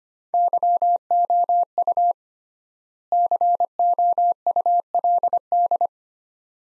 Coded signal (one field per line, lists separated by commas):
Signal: Morse code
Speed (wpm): 25 wpm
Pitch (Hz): 700 Hz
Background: none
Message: YOU COULD